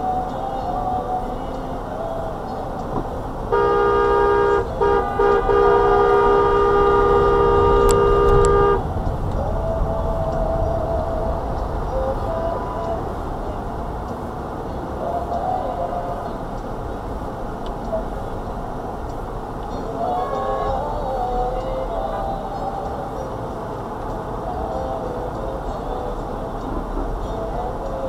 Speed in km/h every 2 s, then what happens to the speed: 3, 5, 13, 23, 23, 11, 3, 3, 3, 3, 2, 0, 0, 3.
0-6 speeds up to 23. 8-11 brakes to 3. 11-19 steady at about 3. 19-25 standing.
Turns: none.